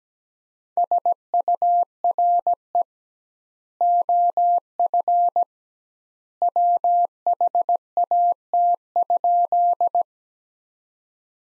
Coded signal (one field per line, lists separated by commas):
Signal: Morse code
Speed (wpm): 17 wpm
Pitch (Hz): 700 Hz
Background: none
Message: SURE OF WHAT?